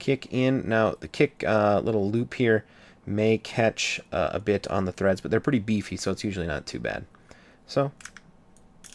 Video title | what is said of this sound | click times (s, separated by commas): The Legacy from PureSmoker | snaps right in | 8.9 s